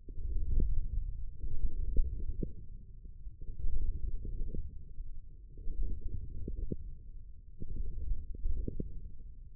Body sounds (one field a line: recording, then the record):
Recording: forearm muscle sounds (acoustic myography)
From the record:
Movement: wrist flexion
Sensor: system 1, eight BSWA MPA416 microphones around the upper forearm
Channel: 7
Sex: male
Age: 20 years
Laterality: left